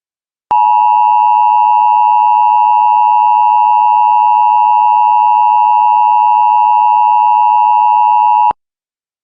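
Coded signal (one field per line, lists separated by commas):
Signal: Emergency Alert System (SAME) tones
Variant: 853 and 960 Hz attention tone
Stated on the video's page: A real, unedited Coronavirus civil alert for Michigan's extended stay-at-home order, not a mock or scenario.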